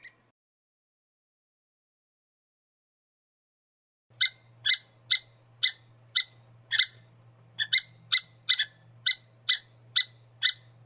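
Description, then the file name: Squirrel: after a brief note and a few seconds of quiet, harsh chipping calls start, some doubled, with a low hum behind. "suara-bajing omkicau"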